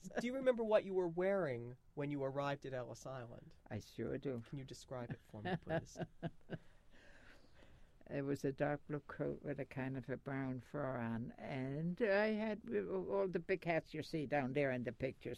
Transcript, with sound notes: Do you remember what you were wearing when you arrived at Ellis Island?
I sure do.
Can you describe it for me?
(she laughs) It was a dark blue coat with a kind of a brown fur on it. And I had, we wore all the big hats you see down there in the pictures.